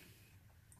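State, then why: Released. A rifle's takedown pin in the lower receiver is pushed through, then grabbed and pulled out against a steady low hum. At 0.7 s a short, sharp click rings out as the pin clicks into its open detent, released so the upper and lower receivers can be separated.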